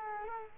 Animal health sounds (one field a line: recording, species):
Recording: mosquito wingbeat signal from an infrared sensor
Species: Culex quinquefasciatus